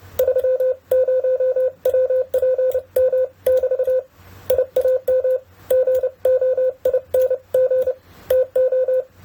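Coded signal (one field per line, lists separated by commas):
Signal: Morse code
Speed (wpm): 29 wpm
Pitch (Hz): 510 Hz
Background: none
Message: 30WPM <BT> I AM GOING TO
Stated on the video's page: Morse sending test at 30 to 55 wpm keyed through a Winkeyer, checking error rate against speed; errors increase at higher speeds.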